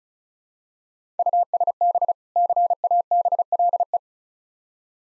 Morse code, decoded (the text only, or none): USB CABLE